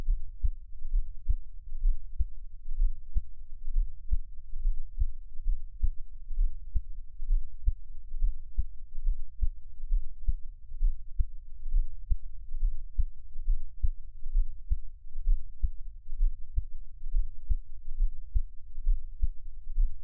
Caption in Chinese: 獻上我的心跳 | Give my Heartbeat | NO Talking。